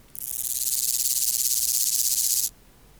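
Omocestus antigai grasshopper producing a loud, rasping, rapidly pulsed buzz that builds over the first half second and lasts over two seconds before ending sharply.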